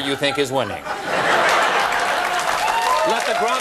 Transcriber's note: soundbite of laughter, cheers and applause